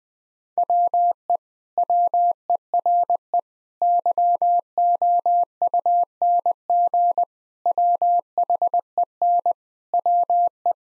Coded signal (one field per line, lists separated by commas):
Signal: Morse code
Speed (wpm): 19 wpm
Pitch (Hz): 700 Hz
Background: none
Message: WE WERE YOUNG WHEN WE